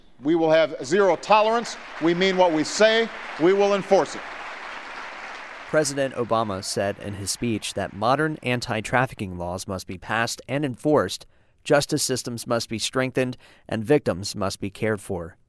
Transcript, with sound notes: We will have zero tolerance. We mean what we say. We will enforce it.” (Applause.)
President Obama said in the speech that modern anti-trafficking laws must be passed and enforced, justice systems must be strengthened, and victims must be cared for.